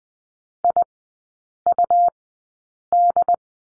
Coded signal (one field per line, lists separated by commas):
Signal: Morse code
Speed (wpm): 20 wpm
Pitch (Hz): 700 Hz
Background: none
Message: IUD